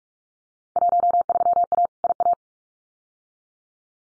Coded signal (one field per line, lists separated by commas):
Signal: Morse code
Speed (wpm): 44 wpm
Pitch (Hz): 700 Hz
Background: none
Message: 13A IA